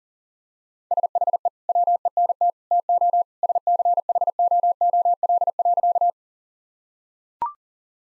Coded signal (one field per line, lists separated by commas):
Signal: Morse code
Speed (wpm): 40 wpm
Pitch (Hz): 700 Hz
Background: none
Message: SHE WENT TO SCHOOL.